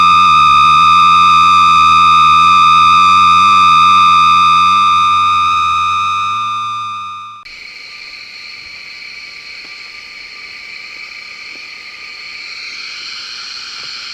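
A railroad switch gas-jet flute holds a loud, steady high whistle with a low wavering rumble, then drops abruptly to a thinner, hissing tone.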